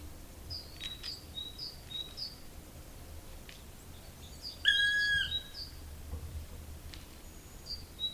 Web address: agykontroll Madardalok Cd 1. Fekete harkály